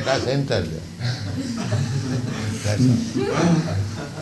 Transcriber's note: laughter